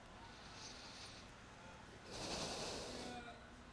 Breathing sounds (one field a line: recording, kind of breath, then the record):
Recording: one breath in and out by a microphone near the nose and mouth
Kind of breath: deep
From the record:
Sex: male